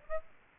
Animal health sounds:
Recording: mosquito wingbeat signal from an infrared sensor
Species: Aedes aegypti

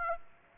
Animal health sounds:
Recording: mosquito wingbeat signal from an infrared sensor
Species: Aedes aegypti

